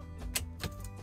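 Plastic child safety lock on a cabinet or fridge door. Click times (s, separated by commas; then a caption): 0.4 s. A plastic baby-proof child safety lock on a van kitchen cabinet or fridge door snaps shut with a sharp click at 0.4 s, latching the doors so they don't shimmy open while driving. Two softer clicks follow at about 0.6 s and 0.9 s over a steady low hum, and the lock is seated.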